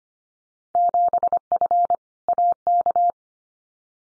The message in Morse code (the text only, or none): 7F AK